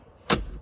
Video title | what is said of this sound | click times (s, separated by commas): How to Replace Cabin Filter Honda CRV | all you got to do is take this slide it underneath like that and pull it towards you until it clips in | 0.3 s